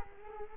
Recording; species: mosquito wingbeat signal from an infrared sensor; Culex quinquefasciatus